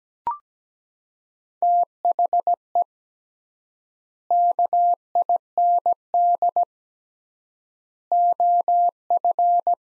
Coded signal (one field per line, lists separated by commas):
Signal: Morse code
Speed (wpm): 17 wpm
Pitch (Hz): 700 Hz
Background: none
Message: THE KIND OF